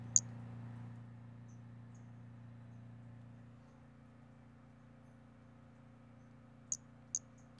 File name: Brachycephalus albolineatus individual 08 example 04 collected MHNCI 10297